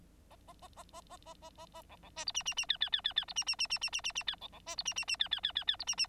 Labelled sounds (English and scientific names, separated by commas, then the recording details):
Bengalese Finch (Lonchura striata domestica) song
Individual Bird9